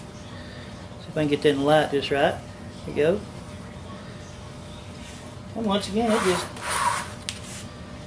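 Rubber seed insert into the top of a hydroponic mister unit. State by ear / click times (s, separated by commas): seated / 7.3 s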